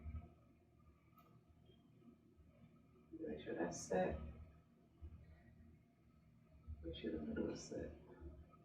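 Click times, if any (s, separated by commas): none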